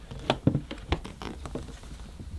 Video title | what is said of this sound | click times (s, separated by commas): Bissell Big Green Demonstration - My Best Carpet Cleaner! | is a bit stiff there we go it should click into place | 0.3 s